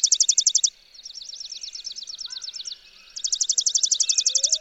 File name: Chipping Sparrow